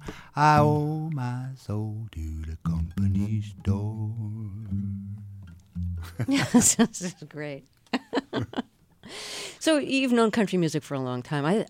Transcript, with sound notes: I owe my soul to the company store.
(LAUGHTER)
That sounds great. So you've known country music for a long time.